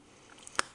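A dock connector is pushed into the dock port of an iPod Touch 2G held in a Ted Baker leather case, with faint ticks before a single sharp click at 0.6 s. The plug stops short of full insertion, blocked by the leather, so it connects but does not fully seat in the slot.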